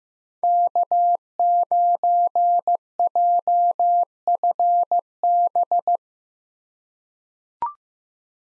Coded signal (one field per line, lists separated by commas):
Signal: Morse code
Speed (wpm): 15 wpm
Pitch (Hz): 700 Hz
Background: none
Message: K9JFB